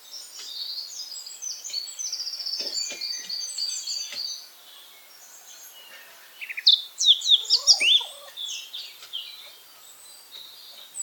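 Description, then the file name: Eurasian blackcap song: a soft, scratchy warble early on, then a loud burst of clear, fluty notes near the end. "Sylvia atricapilla"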